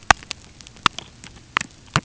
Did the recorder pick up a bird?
no